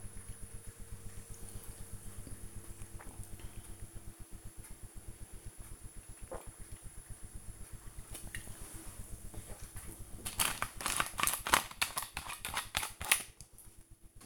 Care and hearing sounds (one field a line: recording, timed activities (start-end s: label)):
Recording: household activities, microphone on the right wrist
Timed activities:
0.00-9.36 s: drinking